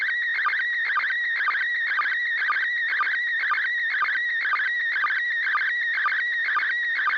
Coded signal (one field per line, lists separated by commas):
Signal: SSTV (slow-scan television)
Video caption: First Image Transmission Begin Resulting Image Beginning of a Second Image